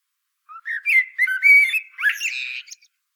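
Common blackbird delivering one continuous warbled phrase of sliding whistles that becomes a squeaky, buzzy high flourish before stopping.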